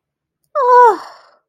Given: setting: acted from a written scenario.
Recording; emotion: vocal sound without words; adoration